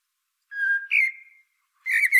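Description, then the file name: Common blackbird giving a steady low whistled note, then a louder slurred whistle fading away, and a burst of warbling at the end. "Turdus merula"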